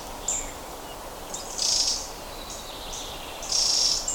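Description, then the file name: Eurasian wren giving two harsh, high rattling bursts about two seconds apart, with a few faint ticking notes in between, over a steady background hiss. "Troglodytes troglodytes"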